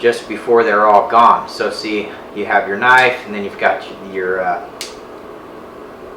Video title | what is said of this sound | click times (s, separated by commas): Mossy Oak Review - will it hold up? | phillips head screwdriver here locks into place | 4.8 s